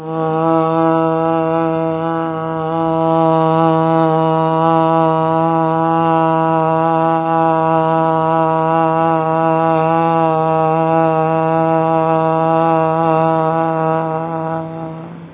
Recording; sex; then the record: sustained vowel /a/; female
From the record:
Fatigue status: fatigue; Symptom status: symptomatic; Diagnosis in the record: COVID-19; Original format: 3gp